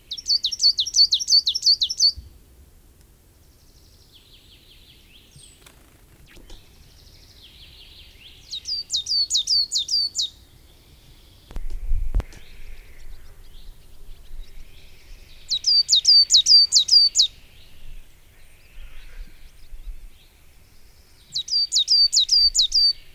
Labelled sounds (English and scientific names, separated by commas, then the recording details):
Coal Tit (Periparus ater)
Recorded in the wild
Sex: male
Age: adult
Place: Röttenbach, Bayern, DE
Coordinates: 49.665, 10.9544
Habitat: pond
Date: 1963-06-25
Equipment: Nagra, Original, Vollspur
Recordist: Tretzel, Erwin